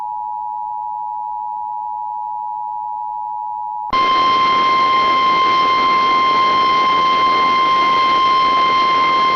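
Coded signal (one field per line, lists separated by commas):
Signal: Emergency Alert System (SAME) tones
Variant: 853 and 960 Hz attention tone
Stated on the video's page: NOAA Weather Radio weekly test SAME tones.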